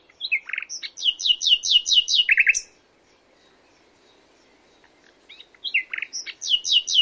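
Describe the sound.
Common nightingale song: quick phrases of high sweeping notes repeated several times, a short lower rattle, a pause, then similar high repeated phrases resume.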